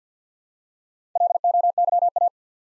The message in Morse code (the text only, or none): LOYA